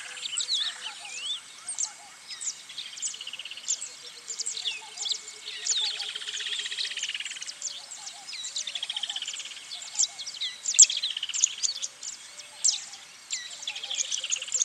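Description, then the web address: Birds singing in a busy mix of whistles, buzzy trills and chirps, plus a low descending run of soft notes and a sustained thin tone. Birds singing in a bird park. "zvuk peniya ptits v parke ptits eschyo park ptits"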